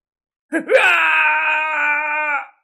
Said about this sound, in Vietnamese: Thần thúc thúc của Vương Đằng là Vương Thành Vân đứng mũi chịu sào, trở thành người lửa ngay tại chỗ. Bắc Đế cũng kêu thảm thiết, nửa người bị lửa thiêu đốt, rống to thê lương.